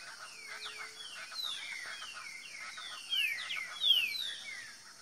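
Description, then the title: Green-winged saltator song: a run of loud, slurred whistles sliding downward, repeated in quick phrases, with a steady high hiss behind. Bird called Nicão, in the bush, singing in a contest with a free-living bird. "Trinca Ferro NICÃ O No Mato Disputando Com Solto"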